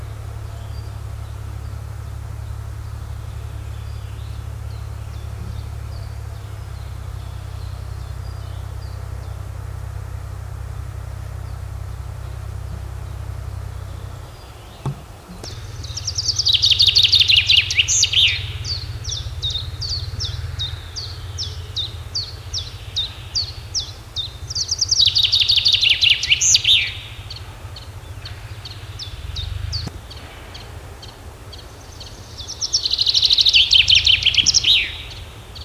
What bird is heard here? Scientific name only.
Fringilla coelebs